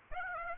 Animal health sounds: mosquito wingbeat signal from an infrared sensor; Aedes aegypti

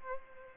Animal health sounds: mosquito wingbeat signal from an infrared sensor; Aedes albopictus

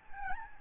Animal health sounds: mosquito wingbeat signal from an infrared sensor; Aedes albopictus

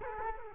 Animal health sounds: mosquito wingbeat signal from an infrared sensor; Culex quinquefasciatus

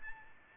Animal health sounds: mosquito wingbeat signal from an infrared sensor; Aedes aegypti

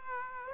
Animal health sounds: mosquito wingbeat signal from an infrared sensor; Aedes aegypti

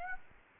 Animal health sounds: mosquito wingbeat signal from an infrared sensor; Aedes aegypti

